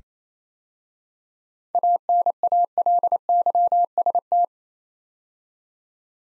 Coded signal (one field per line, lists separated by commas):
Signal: Morse code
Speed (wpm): 27 wpm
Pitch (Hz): 700 Hz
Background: none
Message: ANALYST